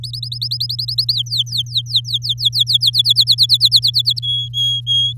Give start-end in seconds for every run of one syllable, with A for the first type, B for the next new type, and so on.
0.03-1.13 A, 1.14-2.90 B, 2.93-4.19 C, 4.22-5.13 D